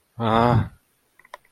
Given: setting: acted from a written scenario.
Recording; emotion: vocal sound without words; fear